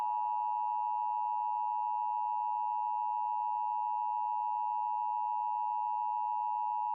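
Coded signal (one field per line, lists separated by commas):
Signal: Emergency Alert System (SAME) tones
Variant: 853 and 960 Hz attention tone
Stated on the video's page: Sacramento TV EAS tests and severe thunderstorm warnings, captured as audio only.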